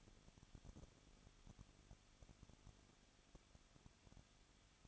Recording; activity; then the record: daily activity, microphone in the room; no activity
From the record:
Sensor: 4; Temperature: 23.0 degrees Celsius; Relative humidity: 34.2%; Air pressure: 1007.3 hPa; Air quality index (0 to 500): 214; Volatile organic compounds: 14 ppm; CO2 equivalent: 2470 ppm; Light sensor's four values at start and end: 2/3/1/1 and 2/3/1/1